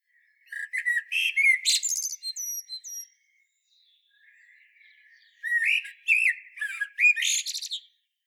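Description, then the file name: Common blackbird delivering two song phrases a few seconds apart, each mixing warbled whistles with high, squeaky twittering. "Turdus merula"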